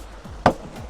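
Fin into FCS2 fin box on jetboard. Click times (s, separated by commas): 0.5 s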